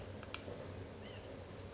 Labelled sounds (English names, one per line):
White-breasted Nuthatch